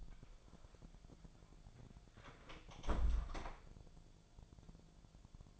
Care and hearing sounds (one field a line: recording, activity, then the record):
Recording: daily activity, microphone in the room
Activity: close door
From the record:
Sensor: 5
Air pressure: 1000.6 hPa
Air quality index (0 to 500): 160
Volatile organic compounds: 2 ppm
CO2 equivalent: 1226 ppm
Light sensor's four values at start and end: 47/110/46/49 and 47/110/46/49